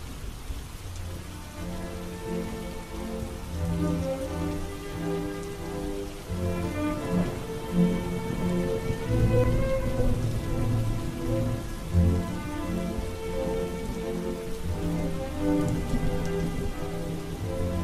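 Steady rain patters continuously outside for the whole stretch, a dense even wash of drops, with sustained musical tones shifting underneath and no voices.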